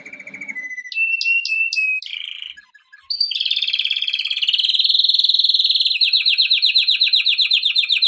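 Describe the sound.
Canary singing a varied series of trills: short whistled phrases, a brief pause, then long rapid buzzing rolls that continue steadily to the end.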